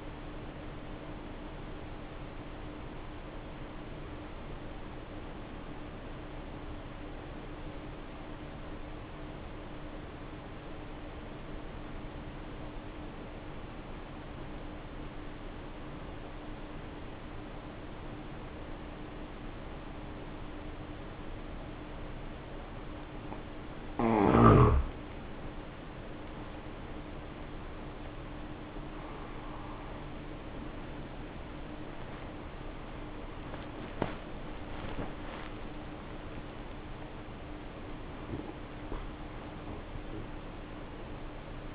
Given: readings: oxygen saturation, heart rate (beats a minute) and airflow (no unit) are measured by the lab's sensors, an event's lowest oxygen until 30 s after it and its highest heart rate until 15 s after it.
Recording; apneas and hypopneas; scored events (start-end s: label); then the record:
breathing in sleep by a voice recorder at the bedside; 1
6.00-25.10 s: obstructive apnea (N1, oxygen 95% highest, then 75% lowest, heart rate 59 at the start, 77 highest)
9.00-39.00 s: new sleep stage, N2 (light sleep)
39.00-41.75 s: new sleep stage, N1 (lightest sleep)
From the record:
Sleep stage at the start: N1 (lightest sleep); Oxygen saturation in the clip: 77 to 95%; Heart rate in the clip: 54 to 77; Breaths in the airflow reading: 5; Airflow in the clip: -8.5 to 9.6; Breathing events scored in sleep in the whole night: 520 in 7.2 hours asleep